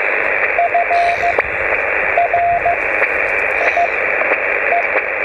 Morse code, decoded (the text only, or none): F R I E